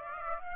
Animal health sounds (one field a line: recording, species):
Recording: mosquito wingbeat signal from an infrared sensor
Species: Aedes aegypti